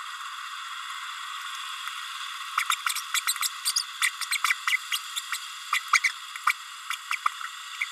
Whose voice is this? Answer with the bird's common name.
Green-rumped Parrotlet